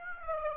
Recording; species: mosquito wingbeat signal from an infrared sensor; Aedes aegypti